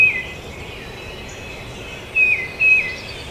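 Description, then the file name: Tufted titmouse whistles: a single note opens, then a pair of clear downslurred whistles near the end, against constant hiss. Recorded at Trempealeau on 12 May 2018. "2018-05-12 TUTI-Trempealeau"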